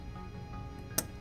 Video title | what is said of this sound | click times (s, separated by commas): How to remove a Q50 Hybrid front bumper and electronic connectors. | So you hear the click. A black pesky connector is now connected, | 1.0 s